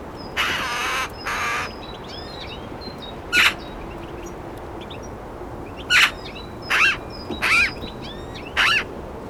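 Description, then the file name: Eurasian magpie giving two longer rasping calls, then several short harsh notes at irregular intervals, while other birds add thin whistles and chirps. "Pica pica"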